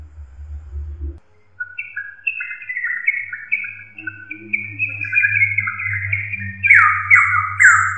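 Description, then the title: Drongo song of quick whistled notes in a varied series, ending in louder slurred phrases over a low steady hum. "Suara Srigunting. Hobiburung"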